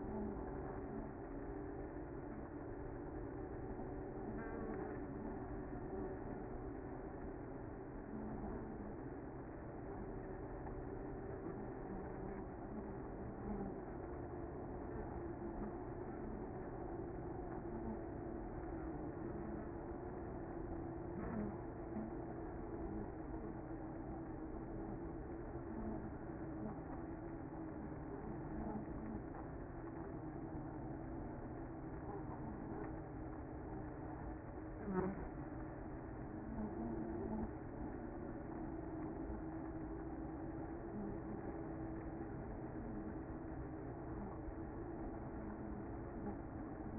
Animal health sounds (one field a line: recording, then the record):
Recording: honeybee colony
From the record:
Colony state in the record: active